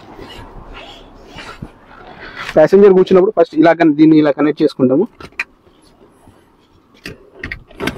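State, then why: Seated. Someone talks while connecting the first of two hooks on the rear middle-seat belt of a 2024 Hyundai Exter SX O, pushing its metal tongue into the buckle anchor. Quiet rustling follows the speech, then a burst of sharp, short clicks from about 7.1 to 7.9 seconds. The hook locks in with a click at 7.4 seconds.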